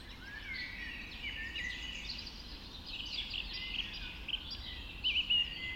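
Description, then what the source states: Birds of a dawn chorus: overlapping warbling and twittering phrases, with a few clearer notes toward the end. Dawn chorus recorded just after dawn in the Forest of Dean.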